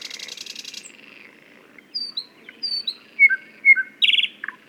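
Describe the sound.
Thrush nightingale ends a buzzing rattle, pauses, then sings pure whistled notes, some paired and falling, and a couple of harsh chirps.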